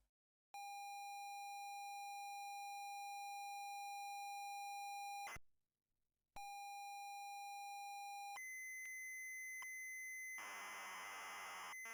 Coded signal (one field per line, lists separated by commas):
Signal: ZX Spectrum tape loading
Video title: ZX Spectrum MIA Preview - Episode 7 - Androide